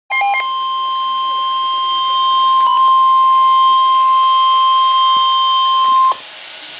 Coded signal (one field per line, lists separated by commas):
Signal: Emergency Alert System (SAME) tones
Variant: 1050 Hz attention tone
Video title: NOAA - Special Marine Warning (EAS #959)